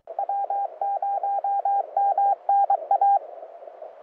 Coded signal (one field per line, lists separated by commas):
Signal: Morse code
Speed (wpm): 23 wpm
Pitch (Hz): 800 Hz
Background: radio noise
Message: W0MNA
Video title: Idaho QSO Audio